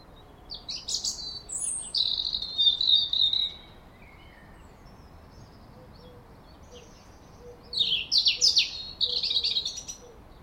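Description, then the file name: European robin song with a sparkling phrase of high warbles and a long held note, a pause, then another fast twittering phrase; faint low repeated notes underneath. "Erithacus rubecula"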